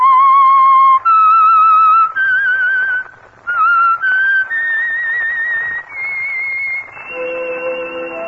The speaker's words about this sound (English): That whistle be your signal for the Signal Oil program, The Whistler, each Sunday night at this same time.